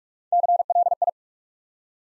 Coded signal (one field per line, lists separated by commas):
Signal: Morse code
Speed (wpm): 44 wpm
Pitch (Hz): 700 Hz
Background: none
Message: CLI